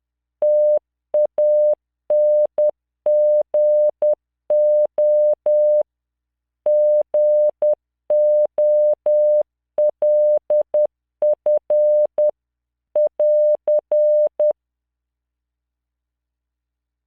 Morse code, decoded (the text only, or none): TANGO GOLF <AR>